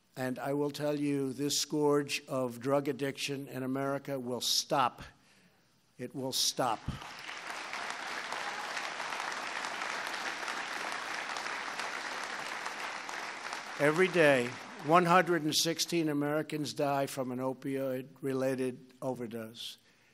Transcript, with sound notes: And I will tell you, this scourge of drug addiction in America will stop. It will stop. (Applause.) Every day, 116 Americans die from an opioid-related overdose.